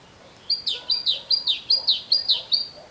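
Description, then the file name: Great tit uttering a fast, steady run of about eight bright, high notes, each dropping in pitch, clear against a quiet background. "Parus major"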